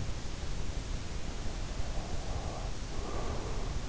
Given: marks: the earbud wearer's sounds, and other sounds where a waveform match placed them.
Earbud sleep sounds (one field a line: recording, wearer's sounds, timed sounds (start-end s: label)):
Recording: sounds in sleep by an in-ear microphone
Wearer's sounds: breath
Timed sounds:
0.64-3.89 s: breath